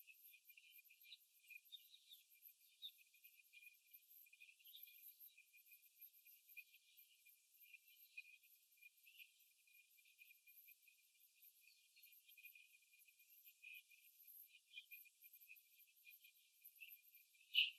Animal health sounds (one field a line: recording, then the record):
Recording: young laying hens in a cage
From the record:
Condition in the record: after the stressor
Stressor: simulated dog barking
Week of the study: 3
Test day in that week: 2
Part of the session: 2